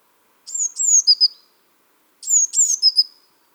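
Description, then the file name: Eurasian blue tit, two phrases of high sliding notes, each ending in a couple of lower notes, separated by a pause. "Cyanistes caeruleus"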